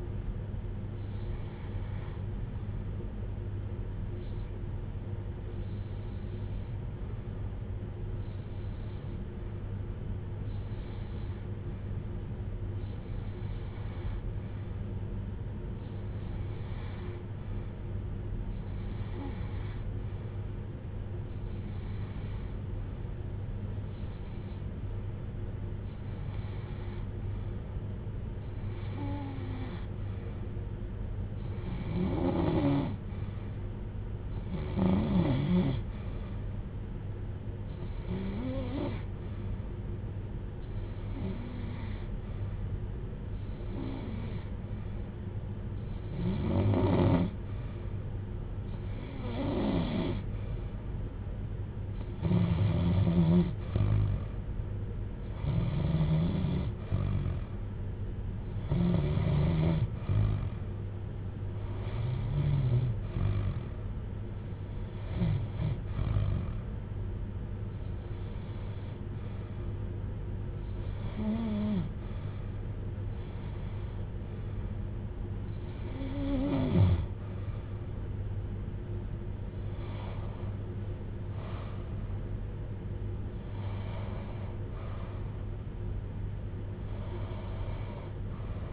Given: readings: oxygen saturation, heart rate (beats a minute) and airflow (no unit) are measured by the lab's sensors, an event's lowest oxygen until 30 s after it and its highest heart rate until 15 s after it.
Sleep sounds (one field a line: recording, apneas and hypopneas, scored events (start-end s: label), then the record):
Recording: breathing in sleep by a smartphone at the bedside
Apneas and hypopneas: 1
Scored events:
11.00-33.30 s: hypopnea (REM, oxygen 91% highest, then 88% lowest, heart rate 62 at the start, 66 highest)
From the record:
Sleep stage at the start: REM sleep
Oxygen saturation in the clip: 88 to 94%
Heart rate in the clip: 56 to 81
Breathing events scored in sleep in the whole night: 310 in 8.1 hours asleep